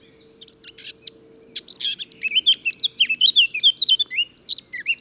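Eurasian blackcap song opening with scratchy, buzzy warbling and turning into loud melodious fluting whistles, over a faint steady low hum.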